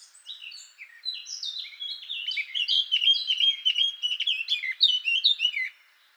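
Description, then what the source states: Eurasian blackcap song with soft scratchy notes building into a rich, fluting warble of quick varied phrases, ending abruptly. Recorded 17 June 2014 in Garching.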